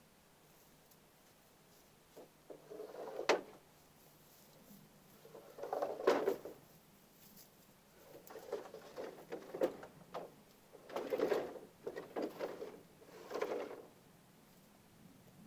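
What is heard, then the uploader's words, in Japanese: Dry wooden sounds come in short rubbing, scraping bursts, each a second or two long, at roughly 2, 3, 6, 8–10, 11 and 13 seconds. Sharp clicks or knocks punctuate several bursts, with quiet pauses between them and a faint low hum underneath. 晴れ。夕方17時少し薄暗くなってきた。イネの天日干しの脱穀を終え、イネを干すために使った棒(ハゼ棒)を屋根の下に片付ける。乾いた木の音が心地よい。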